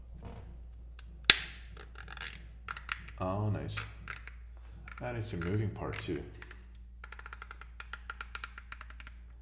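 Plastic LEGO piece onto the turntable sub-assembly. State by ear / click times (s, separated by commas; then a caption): not seated / none. A plastic LEGO piece, a moving part, is handled over the turntable sub-assembly of a LEGO vinyl player build while someone talks. There is a sharp knock near the start, then scattered light taps and a rapid run of small ticks toward the end. Nothing has seated or clicked into place yet.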